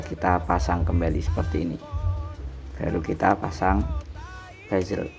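A replacement LCD screen on a Vivo Y17s phone is being put back onto the phone body, to be pressed gently all around until it clicks into the frame without pressing so hard that the LCD cracks. Someone talks throughout over a faint musical tone. Nothing has seated or clicked yet.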